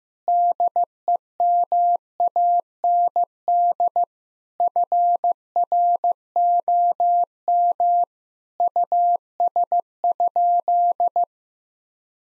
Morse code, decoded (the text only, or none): DEMAND FROM US?